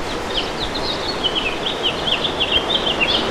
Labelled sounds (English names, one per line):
House Finch song